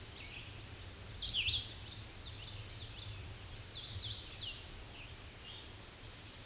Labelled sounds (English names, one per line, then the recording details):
Hooded Warbler song
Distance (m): 50 m
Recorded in a Pennsylvania forest on 18 May 2023 at 07:32
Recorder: AudioMoth, point grid1_30_low
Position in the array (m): 158 m, 114 m